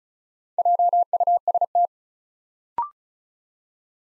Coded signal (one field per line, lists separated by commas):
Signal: Morse code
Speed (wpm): 36 wpm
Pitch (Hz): 700 Hz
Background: none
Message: JUST